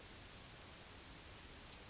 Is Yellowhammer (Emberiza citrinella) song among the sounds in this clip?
no